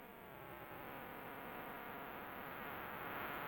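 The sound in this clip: New Forest cicada song, a steady very high-pitched continuous buzz held throughout without a break, over a broad background hiss.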